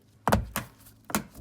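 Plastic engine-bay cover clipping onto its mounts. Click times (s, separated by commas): 0.3 s, 0.6 s, 1.1 s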